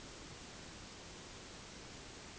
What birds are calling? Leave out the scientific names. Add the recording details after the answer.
none. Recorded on Arctic tundra, site NAIT-1, on 1 July 2019. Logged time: 08:00